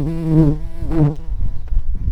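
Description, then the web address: Common carder bee buzz: a low harmonic hum that wavers in pitch, swells twice, then breaks into rougher, broken buzzing. Queens. "Pascuorum queens"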